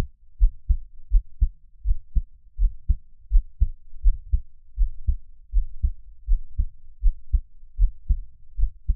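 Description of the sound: Steady paired lub-dub thumps at about 81 beats a minute: an adult's own heartbeat heard up close, with no talking.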